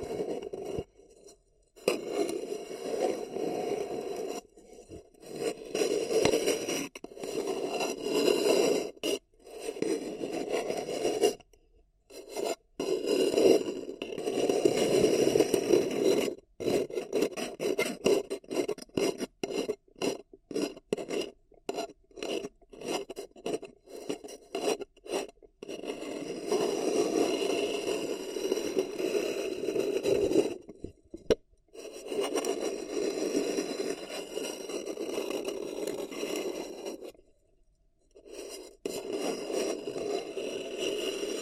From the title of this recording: Paper Cup Tingles